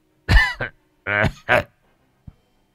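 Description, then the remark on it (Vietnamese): An elderly man coughs in a few harsh, rasping bursts, with strained, wheezy throat-clearing sounds between them, ending in a short faint click. “Tiếng cười của ông lẫn trong tiếng ho vang lên.”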